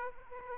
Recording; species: mosquito wingbeat signal from an infrared sensor; Aedes aegypti